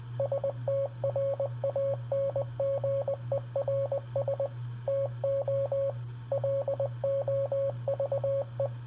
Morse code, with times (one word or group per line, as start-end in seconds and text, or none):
0.2-4.5 STRANGERS
4.9-5.9 TO
6.3-8.7 LOVE